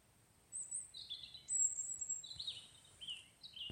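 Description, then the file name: European robin song: high, thin, varied warbling phrases that slide and tumble between very high and mid pitches, nearly continuous from half a second onward. "Erithacus rubecula"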